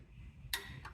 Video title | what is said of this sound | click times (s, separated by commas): Oil Filter Adapter Seal And Front Driveshaft Replacement - 1994 Chevy K1500 | all right and there's another click cool so I got those torqued down | 0.5 s, 0.8 s